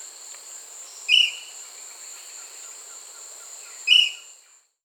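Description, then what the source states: Short-crested flycatcher calling twice with brief, clipped, high notes nearly three seconds apart, while insects buzz continuously in the background. Recorded in South America.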